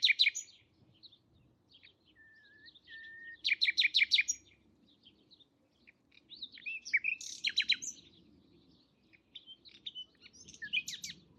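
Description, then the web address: Bird song with loud bursts of quick, high chirping trills, brief whistled notes in between, and faint low background rumble throughout. "Bird Only"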